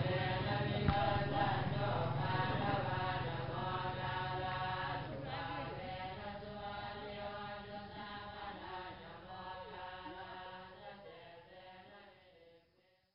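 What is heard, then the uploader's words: Monks chant together at evening prayer, their low voices holding long, steady tones with slow shifts in pitch. The sound is dense and resonant at first, with a brief knock near the start, then gradually thins and fades away toward the end. Chanting monks at evening prayer in Luang Prabang, Laos.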